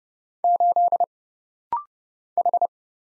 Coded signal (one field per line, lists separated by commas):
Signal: Morse code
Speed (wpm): 29 wpm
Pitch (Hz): 700 Hz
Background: none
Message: 8 H